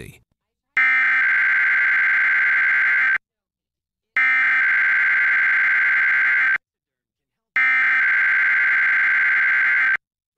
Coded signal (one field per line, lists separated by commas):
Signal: Emergency Alert System (SAME) tones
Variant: header bursts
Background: speech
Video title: WTAJ-TV Weekly Test (11/19/22)(EAS 1287-1288)